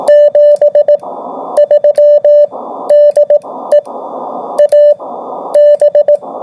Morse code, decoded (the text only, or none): 73 DE AB